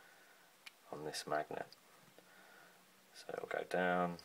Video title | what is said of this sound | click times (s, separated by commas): Dropzone Commander - UCM Magnetization Guide - Part 2 | fum uh there's a magnet and so when this Rises up it clicks into place | 0.7 s